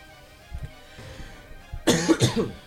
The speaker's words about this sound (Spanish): Joder, me vino ahora todo el tema de la tos. Estás jodido. Estoy pues jodido.